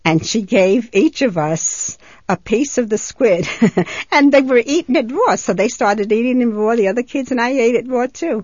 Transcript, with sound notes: And she gave each of us a piece of the squid ( she laughs ) and they were eating it raw, so they started eating it raw, the other kids, and I ate it raw, too.